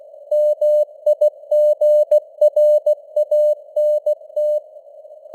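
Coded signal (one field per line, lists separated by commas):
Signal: Morse code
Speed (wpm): 16 wpm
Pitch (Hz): 600 Hz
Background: none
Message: MIGRANT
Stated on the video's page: Morse news headlines at 16 wpm with simulated radio noise and varying signal strength (QSB).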